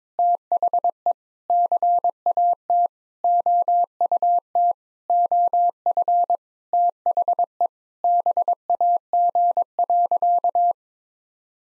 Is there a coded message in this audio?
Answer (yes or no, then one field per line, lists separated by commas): yes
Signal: Morse code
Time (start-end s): 0.2-10.7 s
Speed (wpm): 21 wpm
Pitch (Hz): 700 Hz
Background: none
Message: THE CAT OUT OF THE BAG.